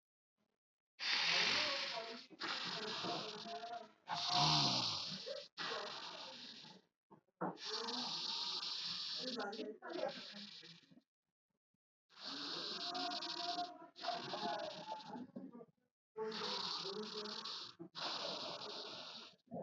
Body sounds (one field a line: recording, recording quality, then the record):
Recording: deep breathing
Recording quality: excellent, no background noise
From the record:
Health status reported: healthy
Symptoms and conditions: none ticked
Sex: male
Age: 32 years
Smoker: not ticked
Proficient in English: yes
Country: India